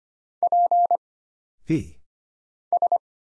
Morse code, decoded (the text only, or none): P S